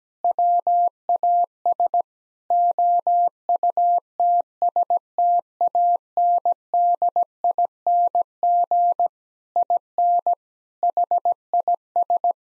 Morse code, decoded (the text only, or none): WAS OUTSTANDING IN HIS